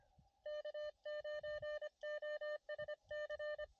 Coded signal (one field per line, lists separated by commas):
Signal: Morse code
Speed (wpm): 25 wpm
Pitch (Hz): 600 Hz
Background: none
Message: K9OSC